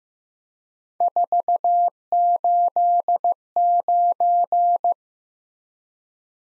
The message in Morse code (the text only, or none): 489